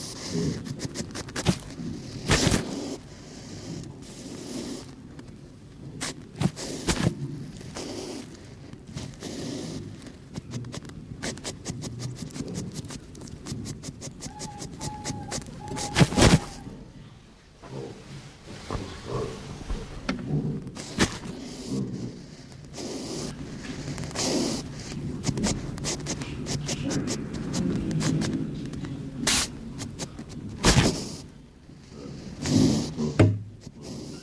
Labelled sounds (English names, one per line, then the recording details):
West European Hedgehog
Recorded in captivity
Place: Tierpark Görlitz, Sachsen, DE
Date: 1988-02-24 10:51
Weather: overcast, ca. 0°C
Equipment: Nagra SN
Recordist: Tembrock, Günter